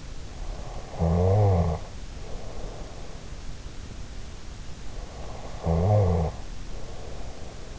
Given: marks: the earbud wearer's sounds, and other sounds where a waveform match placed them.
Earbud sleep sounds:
sounds in sleep by an in-ear microphone; snoring breath
0.18-3.15 s: snoring breath
4.81-7.79 s: snoring breath

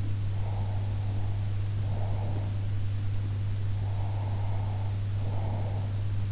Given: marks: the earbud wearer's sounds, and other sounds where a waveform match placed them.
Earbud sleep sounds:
sounds in sleep by an in-ear microphone; breath
0.32-2.55 s: breath
3.72-6.12 s: breath

